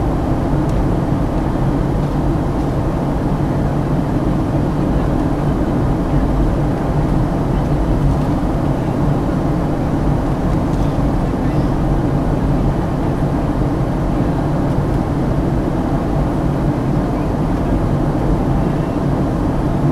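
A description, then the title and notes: Engines hum steadily for the whole stretch, a dense low drone with a throbbing rumble at the bottom and a fainter hiss above. The level hardly changes, with no separate events standing out, just a constant mechanical roar throughout. Burbank to San Francisco the Skyward Journey. The hum of the engines.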